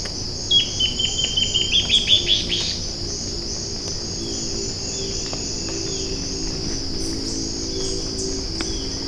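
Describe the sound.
Bird giving a short burst of rapid, high, clipped notes, then stops; a steady high insect hum and low rumble continue throughout.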